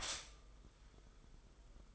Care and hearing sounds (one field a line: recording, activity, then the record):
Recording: daily activity, microphone in the room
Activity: stop toaster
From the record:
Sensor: 5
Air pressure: 990.9 hPa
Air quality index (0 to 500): 144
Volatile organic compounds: 126 ppm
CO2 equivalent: 3909 ppm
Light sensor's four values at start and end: 36/113/43/46 and 36/113/43/46